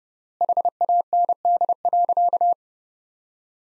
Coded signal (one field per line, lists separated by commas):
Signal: Morse code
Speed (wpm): 30 wpm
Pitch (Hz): 700 Hz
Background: none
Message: HAND.